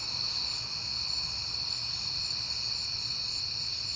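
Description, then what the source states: Crickets trilling together in an even, shrill drone that never pauses, with a quiet low rumble below. Crickets recorded on a peaceful night in September.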